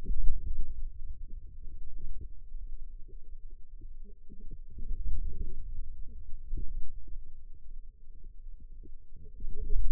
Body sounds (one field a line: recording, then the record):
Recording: forearm muscle sounds (acoustic myography)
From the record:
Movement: wrist extension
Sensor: system 2, bracelet of six BSWA MPA416 microphones around the upper forearm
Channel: 2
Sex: female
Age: 21 years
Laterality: right